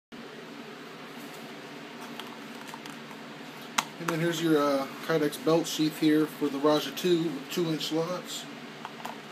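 A knife blade is handled at a Kydex belt sheath with two-inch belt slots for a Rajah 2 knife, with a steady low hum in the background. Someone talks while brief light ticks are heard at about 2.2, 2.9, 3.8, 8.9 and 9.1 seconds. The knife has not yet seated or clicked into the sheath.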